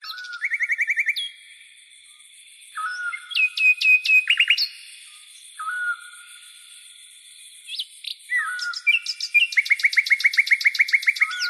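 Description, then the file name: Birds sing: clear whistled notes, quick slurs and fast trills in repeated runs. Forest birds. "pticy v lesu"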